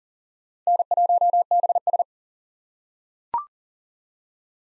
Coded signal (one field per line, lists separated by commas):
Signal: Morse code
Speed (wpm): 40 wpm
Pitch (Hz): 700 Hz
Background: none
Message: N1BS